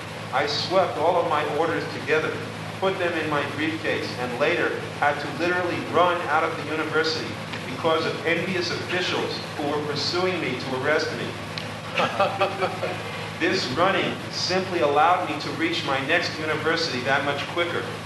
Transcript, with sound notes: I swept all of my orders together, put them in my briefcase, and later had to literally run out of the university because of envious officials who were pursuing me to arrest me. [laughter] This running simply allowed me to reach my next university that much quicker.